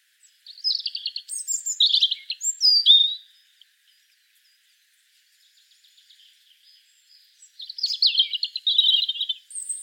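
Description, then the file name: European robin singing a varied phrase of high sharp whistles and quick descending notes, a quiet interval, then another trilling, warbled phrase. "Erithacus rubecula"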